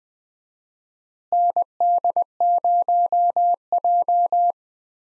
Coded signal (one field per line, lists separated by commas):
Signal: Morse code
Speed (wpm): 20 wpm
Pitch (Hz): 700 Hz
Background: none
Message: ND0J